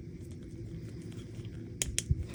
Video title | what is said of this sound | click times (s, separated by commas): Fixing the “Karen Tilt” – How to Reshape Tom Ford Eyeglasses (Hot Water Method) | So, this one goes in here to click in place | 1.8 s, 2.0 s